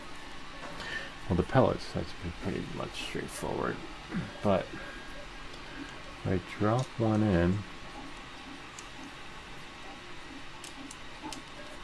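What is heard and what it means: Someone talks while handling a 3D-printed plastic BB above the printed magazine of an FN BB90 toy BB gun, about to drop it in. After the talking stops, a few small, faint ticks come near 8.8, 10.6, 10.9 and 11.3 seconds. The BB has not yet snapped into the magazine.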